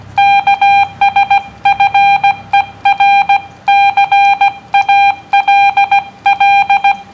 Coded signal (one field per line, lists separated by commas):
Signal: Morse code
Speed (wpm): 16 wpm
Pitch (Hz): 800 Hz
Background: none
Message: K S FER CALL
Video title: CW Ops in the park with special guest WB4MNK